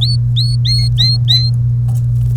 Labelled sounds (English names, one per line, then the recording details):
Domestic Canary song
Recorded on 1 May 2018 at 09:23
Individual llb3